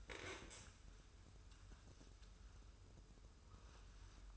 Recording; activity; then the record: daily activity, microphone in the room; stand up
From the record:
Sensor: 2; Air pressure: 994.3 hPa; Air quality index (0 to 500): 202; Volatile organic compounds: 1000 ppm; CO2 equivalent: 6637 ppm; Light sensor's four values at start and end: 101/240/102/105 and 76/168/76/79